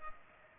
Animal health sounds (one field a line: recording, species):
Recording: mosquito wingbeat signal from an infrared sensor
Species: Culex pipiens